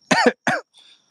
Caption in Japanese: まさかのコロナ2回目罹患者となった。 若干咳き込みながら地元をぶらぶらと歩きながら。